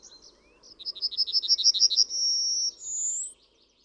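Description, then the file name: Yellowhammer song: a quick series of several repeated high notes, then a long drawn-out note and a final higher thin note. "TRZNADEL"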